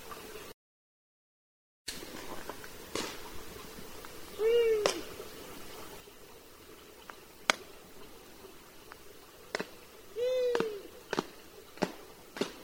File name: Hibou moyen duc